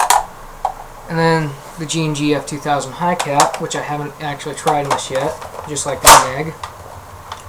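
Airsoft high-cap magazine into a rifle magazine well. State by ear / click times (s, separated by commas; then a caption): seated / 7.3 s. Someone talks as a G&G F2000 airsoft high-cap magazine is pushed into the magazine well of a smaller rifle model. A short click at 7.3 s marks the magazine clicking into place, and it holds.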